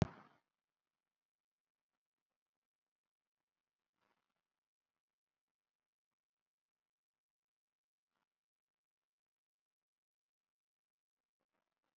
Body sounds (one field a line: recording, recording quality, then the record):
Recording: deep breathing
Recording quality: poor, much background noise or distortion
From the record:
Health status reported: COVID-19 positive, mild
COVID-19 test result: positive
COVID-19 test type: RT-PCR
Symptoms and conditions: hypertension, diabetes, another condition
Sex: female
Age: 75 years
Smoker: no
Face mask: worn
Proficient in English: no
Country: India